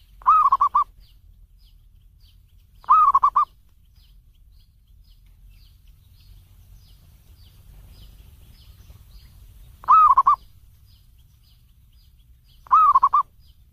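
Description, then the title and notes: Zebra dove cooing song: four short, throaty phrases near one pitch, each broken into quick pulses, spaced several seconds apart with quiet low hum between. Used for mastering, training other birds to learn the song. "Kupulan Burung Perkutut. burung perkutut yang bisa digunakan untuk memaster"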